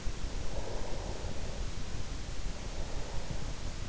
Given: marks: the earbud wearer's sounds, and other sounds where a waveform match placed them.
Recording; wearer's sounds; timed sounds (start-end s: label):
sounds in sleep by an in-ear microphone; breath
0.21-3.88 s: breath